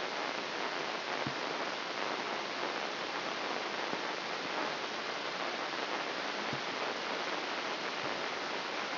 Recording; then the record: brain microelectrode recording played as sound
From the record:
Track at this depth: inside the subthalamic nucleus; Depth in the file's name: 6.105 mm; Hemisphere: left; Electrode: 3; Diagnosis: Parkinson's disease